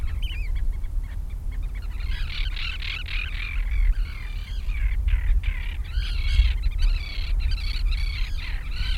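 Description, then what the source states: Gulls squawking, a few calls at first, then a thick chorus of harsh cries from about two seconds, over low rumbling background noise. Several seagulls near the sea.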